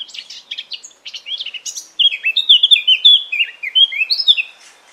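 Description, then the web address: Eurasian blackcap song, a rapid run of scratchy warbles leading into clearer, louder whistled phrases that rise and fall, continuing until just before the end. "cianscape birddata Deverinetal 2025"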